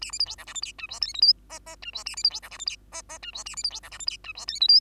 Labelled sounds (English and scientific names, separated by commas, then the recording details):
Bengalese Finch (Lonchura striata domestica) song
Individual Bird2